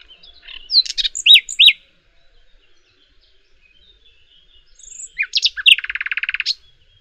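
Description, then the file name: Common nightingale song: a bright phrase of slurred whistles, a quiet pause, then varied chirps leading into a fast, buzzy, evenly repeated trill. "Luscinia megarhynchos"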